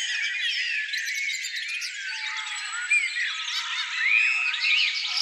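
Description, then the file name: Birdsong from many singers at once, busy overlapping trills, slurred whistles and chatter. "zvuki peniia ptits"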